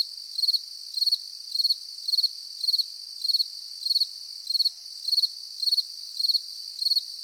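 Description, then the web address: Cricket chirping in rapid pulsed trills repeated steadily about twice a second, high-pitched with a constant background whine. "mundo dos sons cigarras e grilos"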